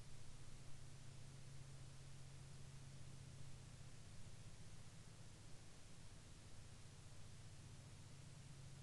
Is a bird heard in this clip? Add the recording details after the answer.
no. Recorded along the Dempster Highway, Canada, on 8 May 2019 at 07:19. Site 20